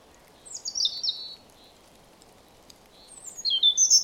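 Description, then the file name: European robin with two short bursts of high, thin, tumbling notes separated by a quiet pause, over a soft steady background noise. "Erithacus rubecula"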